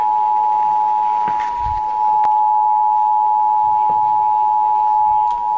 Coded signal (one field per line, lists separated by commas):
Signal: Emergency Alert System (SAME) tones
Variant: 853 and 960 Hz attention tone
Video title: Tornado Warning (EAS #703) [HD]